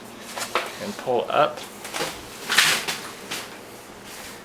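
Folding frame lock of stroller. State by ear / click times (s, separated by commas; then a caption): seated / 2.6 s. A Joovy Scooter stroller's fold latch is released and the frame is pulled up and unfolded while someone talks. The folding frame lock clicks into place at about 2.6 s, locking the stroller frame open.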